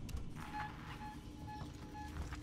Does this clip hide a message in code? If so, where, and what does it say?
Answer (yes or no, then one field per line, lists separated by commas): no